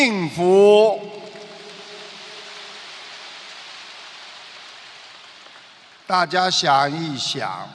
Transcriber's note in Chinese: 掌声